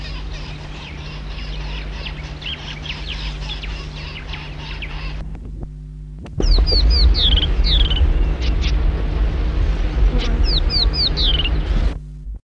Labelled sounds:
Rattling Cisticola call
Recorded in the wild
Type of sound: call
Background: Indicator spec
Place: Südwestafrika
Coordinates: -23, 17
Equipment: Halbspur, 9,5 cm/s
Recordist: Lütgens, Hans
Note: Durch Honiganzeiger bedrängt

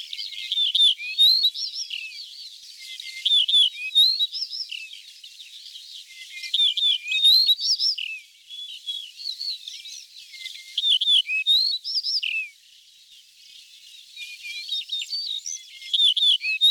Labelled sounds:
Yellow-breasted Bunting song
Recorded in the wild
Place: Zha Long NSG, CN
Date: 1996-06-07
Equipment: Dat-Recorder Casio DA 7, Telinga DAT, Telinga-Parabolspiegel
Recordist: Schwarz, Dieter
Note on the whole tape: Song

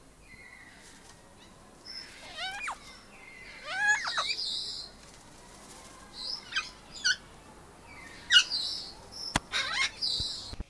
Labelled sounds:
Greater Vasa Parrot call
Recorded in captivity
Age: adult
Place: Tiergarten Wilhelma/Stuttgart, Baden-Württemberg, DE
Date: 2000-09-24 17:18
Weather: bedeckt, 15°C
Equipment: Nagra SN, Kopie Uher 4000 Report Monitor
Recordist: Tembrock, Günter
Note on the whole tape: Laute, diverse Lautformen, technische Probleme (Mikrofonkabel) bei Ansagen

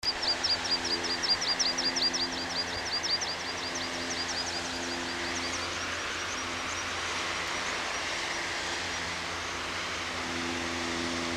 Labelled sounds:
Water Pipit call
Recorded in the wild
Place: Grindelwald, Bern, CH
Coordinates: 46.6561, 8.05333
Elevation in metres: 2174
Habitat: mountains
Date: 1979-06-09
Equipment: Uher 4000 Report, Sennheiser MKH 815 T
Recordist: Tretzel, Erwin

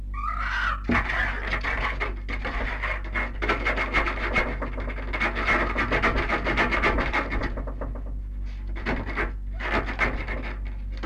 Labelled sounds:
Red Fox
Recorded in captivity
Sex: male
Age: juvenile
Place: Zoologisches Institut der HUB, Berlin, DE
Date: 1958-06-14
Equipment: Smaragd
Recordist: Tembrock, Günter

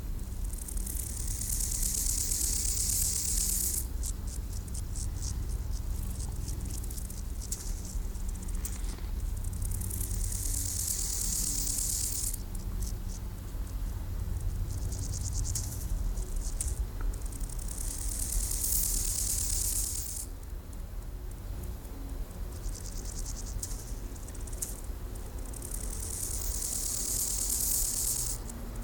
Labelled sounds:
Rufous Grasshopper stridulation
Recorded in the wild
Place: Gößweinstein, Fränkische Schweiz, Bayern, DE
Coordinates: 49.72, 11.07
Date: 1995-09-11 10:59
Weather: sonnig, 19°C
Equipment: Marantz CP 430, Sennheiser ME 80, Kopie Uher 4000 Report Monitor
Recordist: Tembrock, Günter

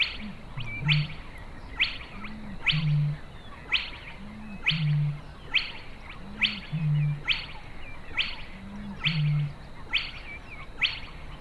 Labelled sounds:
Spotted Crake song
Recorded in the wild
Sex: male
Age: adult
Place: Warsow, Kummerower See, Mecklenburg-Vorpommern, DE
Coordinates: 53.8369, 12.8331
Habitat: wetland
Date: 2013-04-26
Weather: cloudy, weak winds, 5°C
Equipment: Sound Devices 702, Sennheiser MKH 70, Rycote Windschutz
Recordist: Frommolt, Karl-Heinz

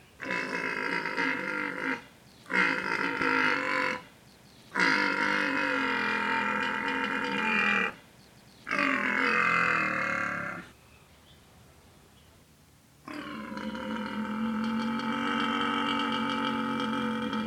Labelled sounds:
Père David's Deer
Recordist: Tembrock, Günter

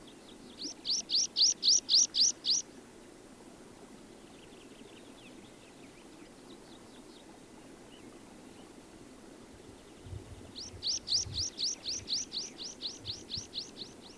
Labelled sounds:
Water Pipit song
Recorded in the wild
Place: Sibiu, Transilvania, RO
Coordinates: 45.803, 24.145
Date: 1976-05-20
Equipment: Nagra III BH, Sennheiser MD 21, parabola
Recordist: Schubert, Michael

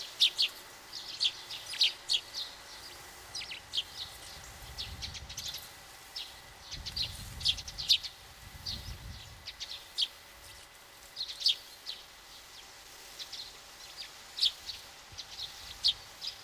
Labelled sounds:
Eurasian Tree Sparrow
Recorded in the wild
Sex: group
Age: adult
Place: Stubbenfelde, Insel Usedom, Mecklenburg-Vorpommern, DE
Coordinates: 54.0286, 14.0319
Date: 1983-09-24 10:45
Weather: overcast, 12°C, moderate winds
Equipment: Nagra SN, Sennheiser MKH 416 T, Kopie Uher 4000 Report Monitor
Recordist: Tembrock, Günter

